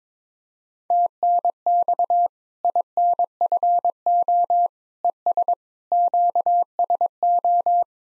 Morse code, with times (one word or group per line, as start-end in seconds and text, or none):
0.9-2.3 TNX
2.6-4.7 INFO
5.0-5.5 ES
5.9-7.8 QSO